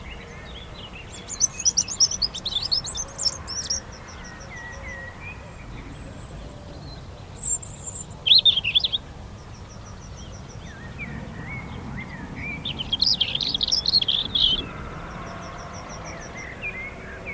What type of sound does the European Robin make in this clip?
song